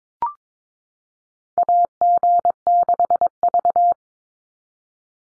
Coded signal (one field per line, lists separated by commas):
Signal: Morse code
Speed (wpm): 22 wpm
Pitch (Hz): 700 Hz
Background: none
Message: AG6V